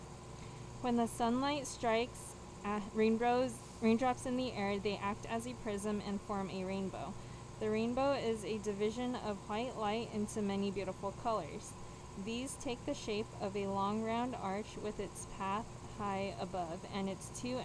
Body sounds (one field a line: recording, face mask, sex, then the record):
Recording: reading aloud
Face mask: surgical mask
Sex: female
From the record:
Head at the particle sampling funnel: tilted down, bridge of the nose in front of it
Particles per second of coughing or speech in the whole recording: 0.343